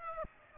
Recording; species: mosquito wingbeat signal from an infrared sensor; Aedes aegypti